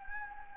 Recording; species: mosquito wingbeat signal from an infrared sensor; Anopheles gambiae